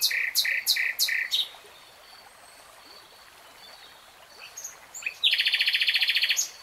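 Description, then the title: Nightingale delivering a few loud, evenly spaced notes, falling quiet for a few seconds, then launching a rapid machine-gun trill. Nightingale singing in real time. "[Tiếng chim hót] 3 Hours REALTIME Nightingale Singing"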